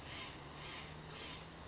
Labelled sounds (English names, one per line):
Steller's Jay